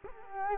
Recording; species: mosquito wingbeat signal from an infrared sensor; Culex quinquefasciatus